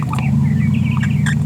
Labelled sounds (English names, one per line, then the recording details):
Green-rumped Parrotlet babbling
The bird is a female
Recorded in a nest box in Venezuela
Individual 17B73B4